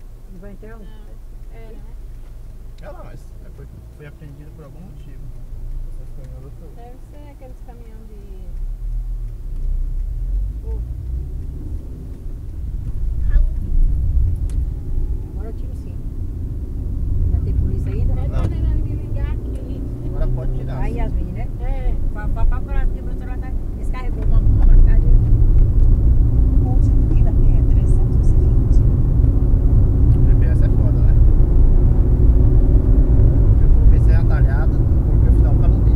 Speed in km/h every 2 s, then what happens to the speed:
0, 0, 0, 0, 11, 20, 28, 34, 40, 51, 56, 63, 70, 77, 83, 90, 93, 96.
0-7 standing. 7-36 pulls away to 96.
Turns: none.